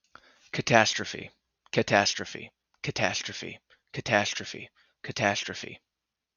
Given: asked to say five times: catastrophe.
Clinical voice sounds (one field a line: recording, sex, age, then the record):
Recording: repeated word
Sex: male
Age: 20 to 29 years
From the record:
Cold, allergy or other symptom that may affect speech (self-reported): no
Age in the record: 20 years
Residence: Connecticut, United States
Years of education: 14